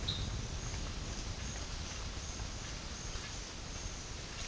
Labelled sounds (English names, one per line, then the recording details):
none
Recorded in pastures near Puerto Asís, Putumayo, Colombia, on 30 June 2025 at 12:00
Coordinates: 0.466, -76.322
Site GP07